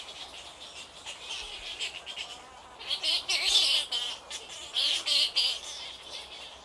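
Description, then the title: Many bats squeaking together, a steady high chatter that swells into loud, rapid bursts in the second half. Many bats, Île Napoléon, Lake Kivu, Rwanda. "Ile Napoléon, lac Kivu, Rwanda - bats bats bats"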